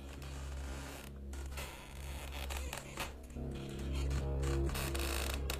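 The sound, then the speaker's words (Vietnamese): A hammock creaks against its rope as a woman holding a child sits swinging on it, in repeated, strained squeaks and grinding rubs, set over a steady low hum, growing slightly louder toward the end with no voices. “Cái tiếng võng nó nghiến vào dây nghe cứ cót ca cót két.”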